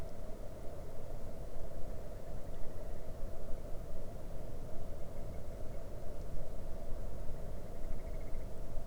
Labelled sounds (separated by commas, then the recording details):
grouse or ptarmigan, wind, water
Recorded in the Arctic National Wildlife Refuge, Alaska, on 22 May 2019 at 01:00
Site 41